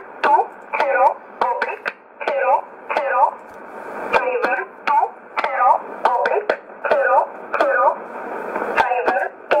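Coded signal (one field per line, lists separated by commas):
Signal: numbers station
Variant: E11 Oblique, English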